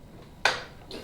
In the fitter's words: that snapped it back into place there